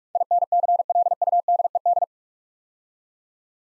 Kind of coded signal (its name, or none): Morse code